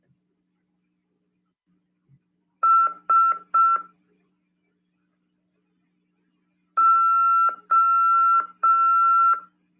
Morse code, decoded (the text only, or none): SO